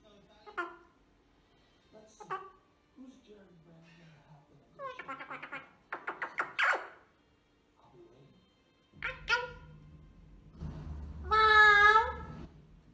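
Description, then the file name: Eclectus parrot making a varied run of short squeaks, clipped chatter and nasal notes, ending in a long, loud, wavering squawk over a low rumble. Eclectus parrot talking in the morning. "utrennie razgovory popugaya eklektusa"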